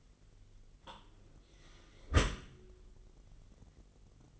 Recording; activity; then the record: daily activity, microphone in the room; close dishwasher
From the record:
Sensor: 4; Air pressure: 999.0 hPa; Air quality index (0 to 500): 124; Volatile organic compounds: 2 ppm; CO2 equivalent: 1224 ppm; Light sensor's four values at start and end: 7/16/6/7 and 7/18/7/8